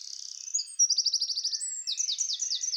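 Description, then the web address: Eurasian wren giving high, rapid trills: a fast buzzy rattle, then a run of sharp repeated notes, ending in quick descending slurred phrases, all very high-pitched. "Troglodytes troglodytes"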